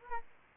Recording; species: mosquito wingbeat signal from an infrared sensor; Aedes aegypti